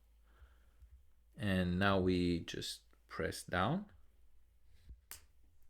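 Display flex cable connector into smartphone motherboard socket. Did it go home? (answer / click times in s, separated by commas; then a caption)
yes / 5.1 s. Someone talks while pressing the display flex cable connector down onto its socket on a Google Pixel 7 Pro motherboard during a screen repair, after the bottom side and tab have been placed. A small, sharp click is heard at 5.1 s, and the connector is seated in place.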